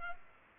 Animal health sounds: mosquito wingbeat signal from an infrared sensor; Culex pipiens

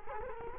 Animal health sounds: mosquito wingbeat signal from an infrared sensor; Culex quinquefasciatus

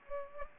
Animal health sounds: mosquito wingbeat signal from an infrared sensor; Culex pipiens

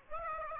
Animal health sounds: mosquito wingbeat signal from an infrared sensor; Aedes aegypti

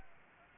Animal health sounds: mosquito wingbeat signal from an infrared sensor; Anopheles gambiae

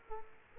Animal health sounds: mosquito wingbeat signal from an infrared sensor; Aedes aegypti

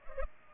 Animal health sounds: mosquito wingbeat signal from an infrared sensor; Culex pipiens

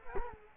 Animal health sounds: mosquito wingbeat signal from an infrared sensor; Culex quinquefasciatus

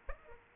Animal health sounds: mosquito wingbeat signal from an infrared sensor; Aedes aegypti

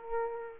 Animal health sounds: mosquito wingbeat signal from an infrared sensor; Aedes aegypti

